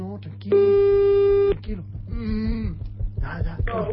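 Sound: telephone ringing tone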